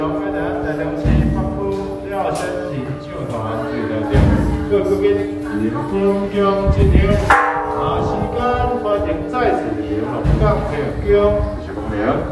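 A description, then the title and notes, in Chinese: A garbage truck's ringing bells sound alongside a loudspeaker announcement with a male voice. A steady low tone holds throughout while sharp bell strikes and thumping drum-like hits recur every couple of seconds, loudest around four and seven seconds. 半日遊來到鹿港天后宮，剛好遇到進香團。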